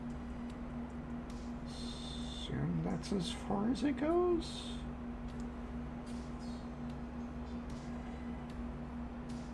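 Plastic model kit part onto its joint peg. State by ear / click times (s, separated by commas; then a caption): not seated / none. Someone building a Gunpla Gundam Aerial plastic model kit pushes a plastic part onto its joint peg as far as it will go while someone talks over a steady low hum. The joint has not clicked or seated yet, with no click heard or felt.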